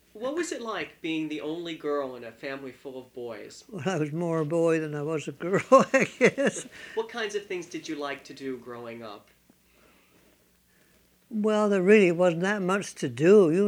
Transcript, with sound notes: What was it like being the only girl in a family full of boys?
I was more a boy that I was a girl, I guess. (she laughs)
What kinds of things did you like to do growing up?
Well, there really wasn't that much to do.